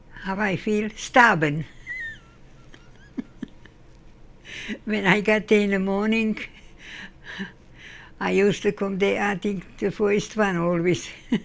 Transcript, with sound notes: How I feel? Starving.. (Laughs) When I got there in the morning, I used to come there I think first one always..